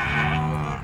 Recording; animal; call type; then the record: contact call of a hoofed animal; cattle; low-frequency (closed-mouth) or high-frequency (open-mouth) call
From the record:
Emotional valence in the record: negative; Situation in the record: full separation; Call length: 0.84 s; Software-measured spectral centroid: 1860 Hz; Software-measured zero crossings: 1820 a second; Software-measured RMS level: -24 dBFS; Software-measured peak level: -10 dBFS